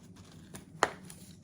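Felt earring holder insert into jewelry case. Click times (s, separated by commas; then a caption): 0.8 s. A sturdy felt earring-holder insert with holes for earrings is pressed back into a jewelry case to hold the earrings in place. It snaps in with a sharp, loud click at 0.8 s, framed by two faint ticks near 0.6 s and 1.1 s. The insert is seated.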